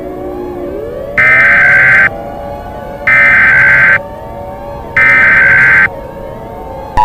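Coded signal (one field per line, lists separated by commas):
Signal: Emergency Alert System (SAME) tones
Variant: header bursts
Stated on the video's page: Simulated tornado EAS scenario, possibly containing valid EAS tones.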